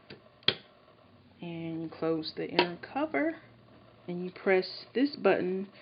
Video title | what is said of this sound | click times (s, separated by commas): EPSON PictureMate- PM 400 Wireless-Set-Up and Review- | and then you press it down until it clicks into place | 0.5 s